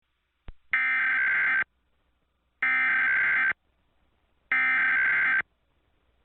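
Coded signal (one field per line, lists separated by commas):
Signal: Emergency Alert System (SAME) tones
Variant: header bursts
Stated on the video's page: Fictional EAS scenario of a missile attack, not for over-the-air play.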